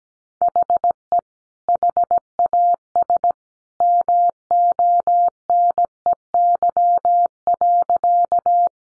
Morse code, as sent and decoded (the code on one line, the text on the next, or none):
.... . / .... .- ... / -- --- -. . -.-- .-.-.-
HE HAS MONEY.